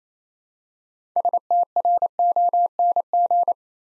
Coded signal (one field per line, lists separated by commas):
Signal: Morse code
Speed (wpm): 28 wpm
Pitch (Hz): 700 Hz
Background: none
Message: STRONG